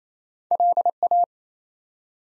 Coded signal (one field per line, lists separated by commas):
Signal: Morse code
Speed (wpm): 28 wpm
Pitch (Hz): 700 Hz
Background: none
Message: LA